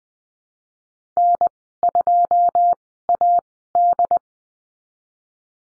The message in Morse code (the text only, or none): N2AD